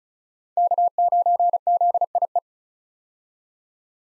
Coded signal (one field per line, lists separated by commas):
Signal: Morse code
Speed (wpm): 36 wpm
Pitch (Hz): 700 Hz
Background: none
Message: K9ZIE